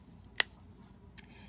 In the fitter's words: notice the cap it it definitely has a right and a wrong way on and it snaps in place and then